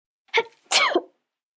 Sneeze Hi Choo.